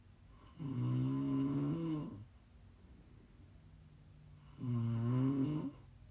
ASMR Snoring. Prime ASMR snoring. You can listen to sleep, to relax, to wind down.